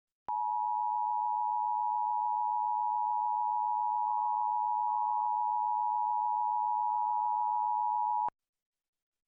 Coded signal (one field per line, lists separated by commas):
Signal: Emergency Alert System (SAME) tones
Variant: 853 and 960 Hz attention tone